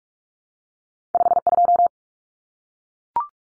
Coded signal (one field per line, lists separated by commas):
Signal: Morse code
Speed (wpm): 44 wpm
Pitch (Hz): 700 Hz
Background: none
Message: 52